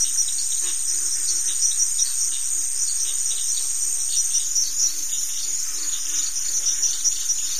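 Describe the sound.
Crickets chirping in a thick, high, continuous chorus, the pulses overlapping steadily throughout.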